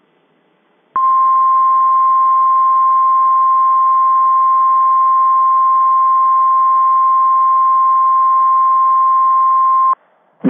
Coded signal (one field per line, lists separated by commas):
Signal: Emergency Alert System (SAME) tones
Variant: 1050 Hz attention tone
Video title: Severe thunderstorm warning In Kansas (EAS #13)